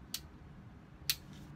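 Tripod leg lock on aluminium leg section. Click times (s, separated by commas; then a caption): 0.1 s, 1.1 s. Leg locks on the aluminium leg sections of a Zomei M7 orange 63-inch camera tripod are snapped closed one after another while the tripod is folded down. Two sharp metallic snaps are heard at 0.1 s and 1.1 s over a quiet background. Each lock seats.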